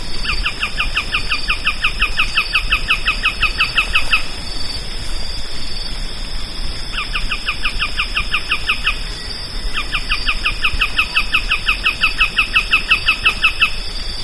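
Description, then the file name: Bird calls in three bursts of quick, evenly spaced, down-slurred chirps over a steady high hum. "SABIOD 50 bird 2015"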